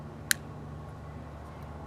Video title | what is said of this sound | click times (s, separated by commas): YotaMD.com - Install Instructions YMD2 Titanium Toyota Remote Shell Kit | enjoy that real satisfying click nice | 0.3 s